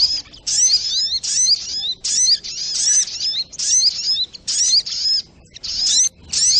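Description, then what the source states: Little Spiderhunter giving bright, high twittering bursts with rising and falling squeaks, repeated rhythmically, with one longer pause near the end. Training recording (masteran).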